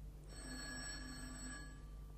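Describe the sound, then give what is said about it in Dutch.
A telephone bell rings once, a steady, bright metallic tone lasting about a second and a half over a low background hum, with no voices. “Telefoon? Voor mij?”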